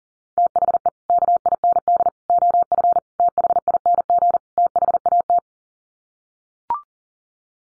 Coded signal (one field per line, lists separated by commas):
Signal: Morse code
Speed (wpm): 40 wpm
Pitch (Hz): 700 Hz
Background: none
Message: THE KIND OF THING THAT